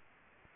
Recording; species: mosquito wingbeat signal from an infrared sensor; Aedes aegypti